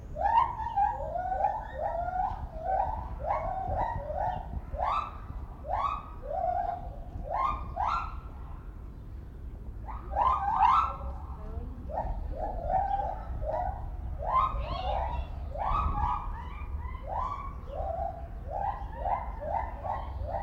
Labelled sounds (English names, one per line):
Lar Gibbon call